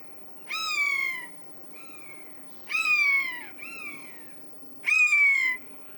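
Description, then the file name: Eurasian jay uttering loud, slurred, downward mewing cries, three strong ones alternating with quieter, shorter mews, over a low steady hiss. "Garrulus glandarius"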